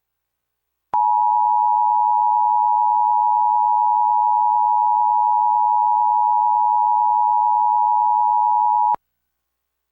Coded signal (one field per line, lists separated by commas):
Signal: Emergency Alert System (SAME) tones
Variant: 853 and 960 Hz attention tone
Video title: EAS #929-930: 2 EAS Required Monthly Tests- May 7, 2024- 10:15AM PDT